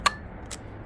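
Pressing the release button on the plastic battery case of a keypad door lock gives a sharp click at 0.07 s, followed by a fainter click at about 0.5 s. The battery case is released and pops out.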